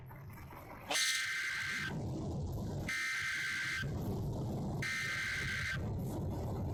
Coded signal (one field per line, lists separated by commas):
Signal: Emergency Alert System (SAME) tones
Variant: header bursts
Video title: Working with Amateur Radio to Save Lives During Severe Weather - Hamvention 2023